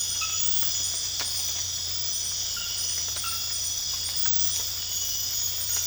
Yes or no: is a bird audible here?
no